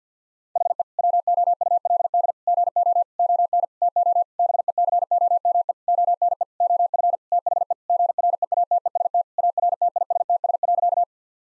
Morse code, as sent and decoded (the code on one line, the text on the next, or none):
.... . / .-- --- ..- .-.. -.. / --. --- / --- -. / - --- / -... . -.-. --- -- . / --- -. . / --- ..-. / - .... . / --. .-. . .- - . ... - / .- .-. - .. ... - ... .-.-.-
HE WOULD GO ON TO BECOME ONE OF THE GREATEST ARTISTS.